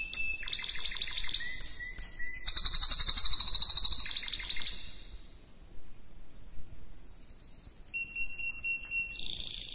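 Canary song: fast trilled phrases and bright rolling notes, then a near-quiet pause, followed by a few thin whistles and a quick repeated trill.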